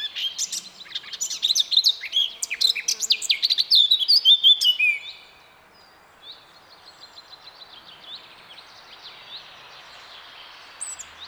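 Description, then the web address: Eurasian blackcap song, a dense stream of quick chirps and whistles lasting about five seconds, then faint soft warbling. "SETE Sylvia atricapilla"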